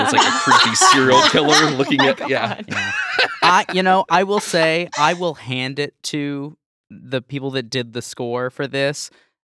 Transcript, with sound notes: It’s like a creepy serial killer looking at… Yeah.
[laughter] You know, I will say, I will hand it to the people that did the score for this.